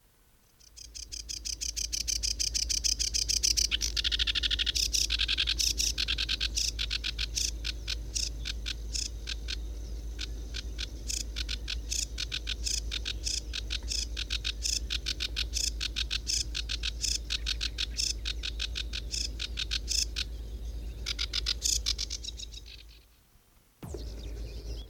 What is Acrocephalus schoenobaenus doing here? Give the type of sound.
song